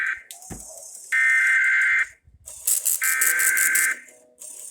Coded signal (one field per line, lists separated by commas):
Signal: Emergency Alert System (SAME) tones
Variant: header bursts